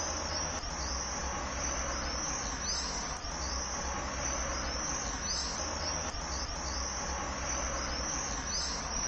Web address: sound Common-swift. صدای-پرنده-بادخورک-معمولی